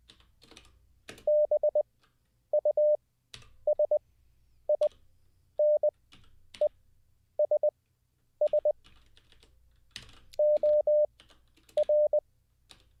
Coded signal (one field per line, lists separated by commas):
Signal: Morse code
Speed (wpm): 20 wpm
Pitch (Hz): 600 Hz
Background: none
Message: BUSINESS OR